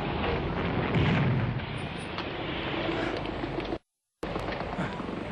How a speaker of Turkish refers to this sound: Üzerimize geldi. Şu araba üzerimize geldi. Bakınmayın, bir taksi.